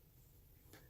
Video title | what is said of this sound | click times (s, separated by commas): Mezco one 12 Popeye review | you put them on they're actually locked into place the reason that they're locked into place is there is a magnet within his head so | 0.7 s